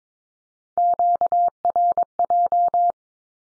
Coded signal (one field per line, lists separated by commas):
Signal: Morse code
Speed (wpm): 22 wpm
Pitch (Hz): 700 Hz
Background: none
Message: QRJ